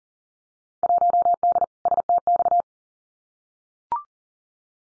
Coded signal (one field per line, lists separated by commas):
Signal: Morse code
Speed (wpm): 39 wpm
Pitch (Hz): 700 Hz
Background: none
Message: 1D STX